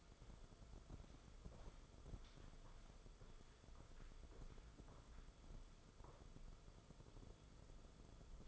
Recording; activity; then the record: daily activity, microphone in the room; walk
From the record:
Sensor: 5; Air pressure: 994.4 hPa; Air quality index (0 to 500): 177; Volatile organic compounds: 822 ppm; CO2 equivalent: 5148 ppm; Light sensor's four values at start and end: 11/28/11/12 and 11/28/11/12